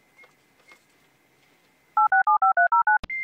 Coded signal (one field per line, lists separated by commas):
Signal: DTMF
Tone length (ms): 130 ms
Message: 8675309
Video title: Máquina de fax que imprime memes TV UOL 1